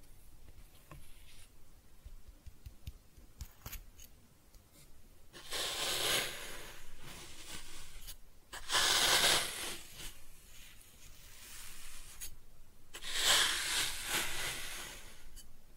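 Kinetic sand being cut and scooped: the first few seconds are nearly quiet, with only faint ticks and taps. Then come three bursts of soft, gritty hissing, around six, nine and thirteen seconds, each a steady grainy rasp, with quieter scraping between them.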